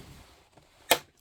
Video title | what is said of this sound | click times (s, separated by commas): Moebius Seaview Voyage to the Bottom of the Sea Model Build – Part 2 Final Reveal | in place right there, and it'll just snap in place. | 0.9 s